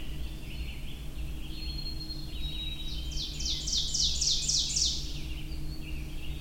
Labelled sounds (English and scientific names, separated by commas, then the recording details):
Ovenbird (Seiurus aurocapilla) song
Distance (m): 30 m
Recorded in boreal forest in Alberta, Canada, on 23 June 2016 at 05:18
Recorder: SongMeter 3, array SBT-6-76
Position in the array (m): 139 m, 99 m
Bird 3